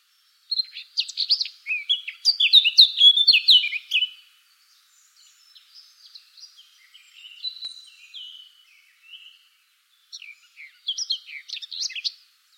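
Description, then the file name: Eurasian blackcap singing a rich, fast warble of varied notes, a loud burst for about three and a half seconds, then quieter scratchy phrases and another bright warbled phrase near the end. Recorded 24 April 2013. "24 04 2013 Moenchsgrasmuecke"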